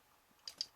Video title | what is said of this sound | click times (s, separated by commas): Maketoys MT-03 Hyper Novae ( Nova Prime) | and they just kind of snap | 0.5 s, 0.6 s